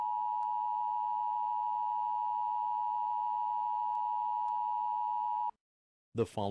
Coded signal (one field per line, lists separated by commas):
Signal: Emergency Alert System (SAME) tones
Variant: 853 and 960 Hz attention tone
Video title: EAS Scenario - Red Death